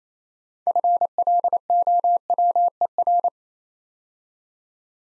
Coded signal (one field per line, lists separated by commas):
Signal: Morse code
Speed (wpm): 29 wpm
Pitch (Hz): 700 Hz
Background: none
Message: FLOWER